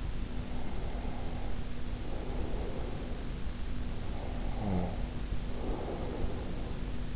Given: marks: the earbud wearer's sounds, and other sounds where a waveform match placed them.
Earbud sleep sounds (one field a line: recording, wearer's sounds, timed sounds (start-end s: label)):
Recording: sounds in sleep by an in-ear microphone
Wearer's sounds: breath, snoring breath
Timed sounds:
0.24-3.55 s: breath
3.85-7.16 s: snoring breath